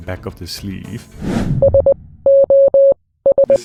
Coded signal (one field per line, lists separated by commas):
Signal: Morse code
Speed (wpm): 20 wpm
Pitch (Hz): 550 Hz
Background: speech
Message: S O S